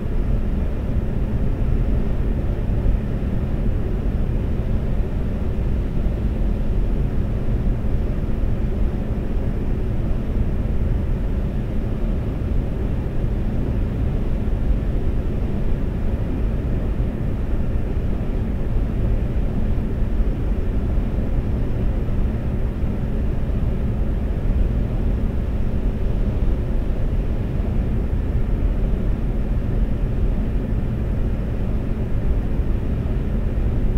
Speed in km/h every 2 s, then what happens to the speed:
130, 130, 130, 130, 130, 130, 130, 130, 130, 130, 130, 130, 130, 130, 130, 130, 130.
0-34 steady at about 130.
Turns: none.